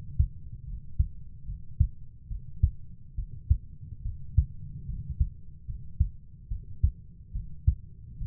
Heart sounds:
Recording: heart sounds by stethoscope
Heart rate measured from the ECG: 72 bpm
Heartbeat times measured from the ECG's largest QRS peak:
0.66 s: heartbeat
1.46 s: heartbeat
2.29 s: heartbeat
3.16 s: heartbeat
4.04 s: heartbeat
4.87 s: heartbeat
5.67 s: heartbeat
6.49 s: heartbeat
7.33 s: heartbeat
8.19 s: heartbeat
From the record:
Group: healthy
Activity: cold pressor test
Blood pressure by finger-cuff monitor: 102/50 mmHg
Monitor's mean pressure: 71 mmHg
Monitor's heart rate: 73 bpm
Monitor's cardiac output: 7.7 L/min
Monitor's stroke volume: 106 mL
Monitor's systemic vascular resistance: 670 dyn s/cm5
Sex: female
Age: 22 years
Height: 160 cm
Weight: 63 kg

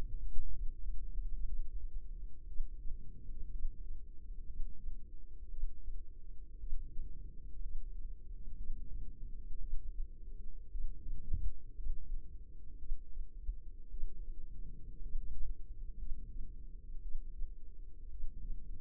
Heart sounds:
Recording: heart sounds by microphone in the left ear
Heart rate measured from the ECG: 58 bpm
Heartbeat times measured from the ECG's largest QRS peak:
0.51 s: heartbeat
1.44 s: heartbeat
2.46 s: heartbeat
3.50 s: heartbeat
4.45 s: heartbeat
5.49 s: heartbeat
6.59 s: heartbeat
7.60 s: heartbeat
8.56 s: heartbeat
9.59 s: heartbeat
10.70 s: heartbeat
11.75 s: heartbeat
12.77 s: heartbeat
13.89 s: heartbeat
15.00 s: heartbeat
15.97 s: heartbeat
17.01 s: heartbeat
18.09 s: heartbeat
From the record:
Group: healthy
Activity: rest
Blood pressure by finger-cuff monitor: 87/59 mmHg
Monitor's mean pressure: 67 mmHg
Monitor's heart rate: 58 bpm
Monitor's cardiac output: 4.3 L/min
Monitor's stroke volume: 74 mL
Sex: female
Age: 36 years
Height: 163 cm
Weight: 88 kg

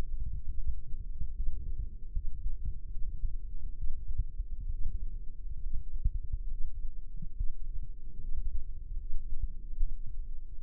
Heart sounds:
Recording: heart sounds by microphone in the left ear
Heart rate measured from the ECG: 72 bpm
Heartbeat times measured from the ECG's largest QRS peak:
0.53 s: heartbeat
1.31 s: heartbeat
2.09 s: heartbeat
2.87 s: heartbeat
3.73 s: heartbeat
4.67 s: heartbeat
5.58 s: heartbeat
6.46 s: heartbeat
7.31 s: heartbeat
8.16 s: heartbeat
8.94 s: heartbeat
9.73 s: heartbeat
10.56 s: heartbeat
From the record:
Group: healthy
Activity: rest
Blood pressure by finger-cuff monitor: 113/68 mmHg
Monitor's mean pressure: 85 mmHg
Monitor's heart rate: 72 bpm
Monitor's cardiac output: 6.8 L/min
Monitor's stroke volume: 94 mL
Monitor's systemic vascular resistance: 900 dyn s/cm5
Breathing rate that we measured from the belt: 19 breaths a minute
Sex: female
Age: 23 years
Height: 160 cm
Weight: 50.4 kg

